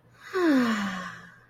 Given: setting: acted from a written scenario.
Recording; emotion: vocal sound without words; serenity